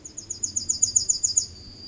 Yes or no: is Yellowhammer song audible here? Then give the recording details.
yes. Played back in forest. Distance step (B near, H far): D. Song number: 158